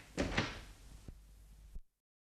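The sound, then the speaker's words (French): A street door is pulled shut: a rough scraping rattle, a dull thud, then a final sharp knock of the latch before silence. “Je veux fermer sur vous la porte de la rue.”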